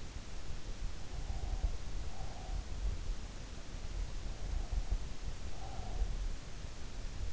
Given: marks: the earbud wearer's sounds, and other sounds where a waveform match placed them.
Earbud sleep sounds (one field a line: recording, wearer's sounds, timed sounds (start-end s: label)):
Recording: sounds in sleep by an in-ear microphone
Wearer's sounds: breath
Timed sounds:
0.99-3.03 s: breath
4.32-6.39 s: breath